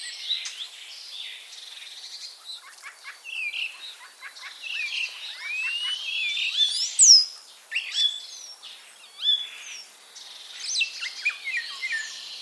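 Common starling song mixing buzzy rattles, quick clicks and slurred whistles, with a loud piercing note midway and varied chatter after it.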